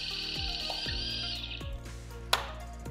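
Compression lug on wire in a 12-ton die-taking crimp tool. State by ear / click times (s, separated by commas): torque reached / 2.3 s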